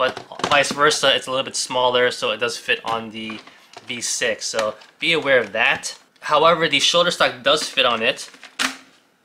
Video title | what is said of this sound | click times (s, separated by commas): NERF Blaster YOU NEED! EMission V6 FULL AUTO FLYWHEEL Review | it won't click in but it's pretty tight so it won't | none